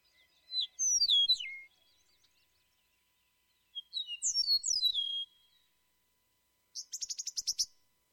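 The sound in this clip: Eastern Meadowlark song: two phrases of clear, slurred, descending whistles a few seconds apart, followed by a short buzzy chatter near the end.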